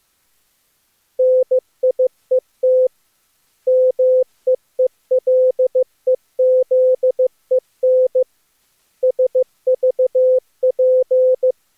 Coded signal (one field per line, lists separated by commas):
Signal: Morse code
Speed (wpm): 22 wpm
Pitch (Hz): 510 Hz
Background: none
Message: NIET MEELEZEN SVP